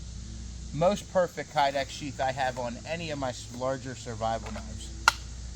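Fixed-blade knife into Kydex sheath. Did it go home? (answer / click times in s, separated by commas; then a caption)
yes / 5.1 s. Someone talks as a large fixed-blade survival knife is pushed into its molded Kydex sheath. At 5.1 s it snaps in with a single sharp retention click, and the knife seats right with no rattle.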